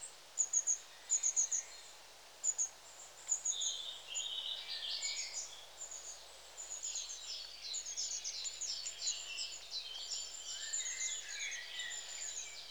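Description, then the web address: Long-tailed tit calls begin with short clusters of very high, thin notes, then turn into overlapping buzzy trills and twitters from several birds. "The BBC Sound Effects Library. Long Tailed TIT"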